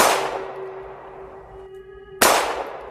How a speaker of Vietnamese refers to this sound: Hai tiếng súng truyền tới từ phía sau lưng, tôi vội vàng quay đầu lại, phát hiện Trúc Tẩm Ngưng phía sau tôi đã nắm chặt súng